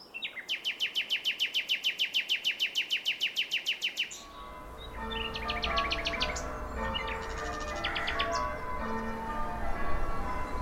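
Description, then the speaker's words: Common Nightingale singing: a fast run of many loud repeated notes lasting about four seconds, then softer varied notes. Song from Suffolk, called the most beautiful sound heard there. "the sound I like to hear in Suffolk, most beautiful sound, is the nightingale."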